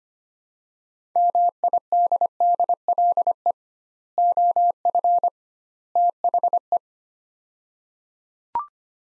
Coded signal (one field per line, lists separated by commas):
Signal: Morse code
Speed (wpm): 25 wpm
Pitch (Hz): 700 Hz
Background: none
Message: MIDDLE OF THE